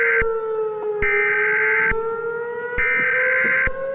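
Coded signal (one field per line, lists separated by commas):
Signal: Emergency Alert System (SAME) tones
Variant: header bursts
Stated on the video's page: Original fictional EAS scenario containing valid EAS tones.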